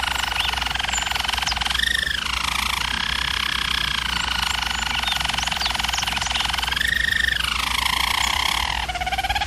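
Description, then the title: German Roller canary song, a long unbroken rolling trill with two brief rising glides, over a constant low hum. Canary training recording of singing. "German Roller Canary Singing - Canary Training Vid"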